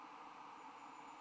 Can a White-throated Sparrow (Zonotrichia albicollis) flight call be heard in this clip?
no